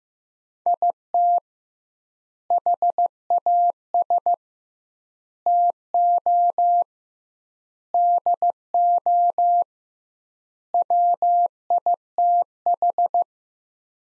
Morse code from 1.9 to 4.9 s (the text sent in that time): HAS